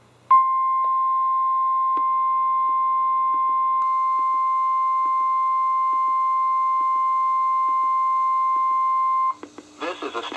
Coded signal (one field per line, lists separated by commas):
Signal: Emergency Alert System (SAME) tones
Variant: 1050 Hz attention tone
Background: speech